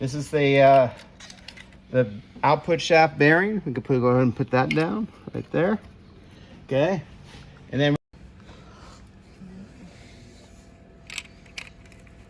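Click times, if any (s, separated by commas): 11.6 s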